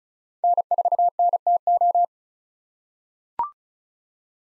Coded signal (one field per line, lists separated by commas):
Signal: Morse code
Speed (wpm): 34 wpm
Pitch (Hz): 700 Hz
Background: none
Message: N4NTO